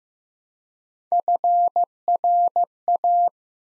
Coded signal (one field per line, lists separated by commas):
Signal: Morse code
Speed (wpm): 15 wpm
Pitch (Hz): 700 Hz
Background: none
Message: FRA